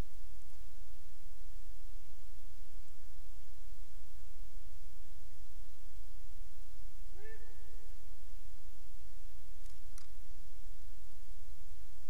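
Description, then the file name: Owl giving one rising hoot that trails off level, followed a few seconds later by a couple of sharp clicks against faint hiss. Recorded on 1 December 2020 in the evening, around 18:10; the identification as a barred owl is marked uncertain. "cool owl barred?"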